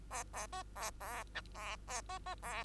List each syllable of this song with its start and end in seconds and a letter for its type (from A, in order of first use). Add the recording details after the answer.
0.10-0.24 A, 0.33-0.47 A, 0.52-0.63 B, 0.76-0.91 A, 1.00-1.24 A, 1.34-1.41 C, 1.54-1.77 A, 1.87-2.01 A, 2.09-2.19 B, 2.26-2.35 B, 2.42-2.64 A. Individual Bird2